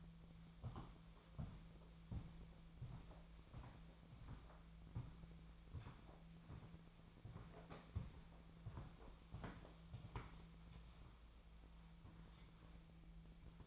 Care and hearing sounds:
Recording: daily activity, microphone in the room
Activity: walk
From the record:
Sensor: 1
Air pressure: 1008.4 hPa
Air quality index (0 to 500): 190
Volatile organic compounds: 17 ppm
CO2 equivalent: 2569 ppm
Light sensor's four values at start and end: 18/45/18/21 and 17/44/18/21

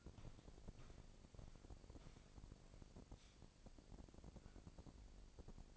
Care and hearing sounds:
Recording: daily activity, microphone in the room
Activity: walk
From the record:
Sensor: 5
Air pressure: 1012.3 hPa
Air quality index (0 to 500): 164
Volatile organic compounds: 2 ppm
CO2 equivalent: 1122 ppm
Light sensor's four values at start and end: 350/844/360/403 and 348/841/358/400

